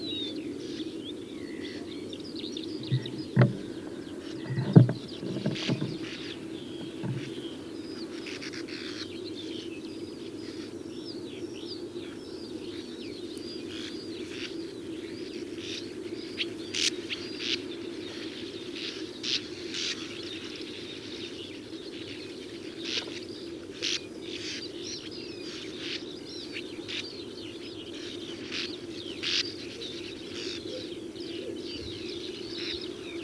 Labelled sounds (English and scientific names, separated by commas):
Sand Martin (Riparia riparia) call